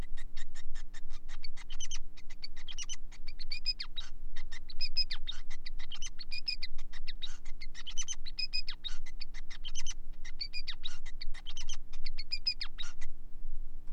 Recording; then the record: song of a male Bengalese finch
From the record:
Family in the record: son of father 5